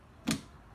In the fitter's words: a click sound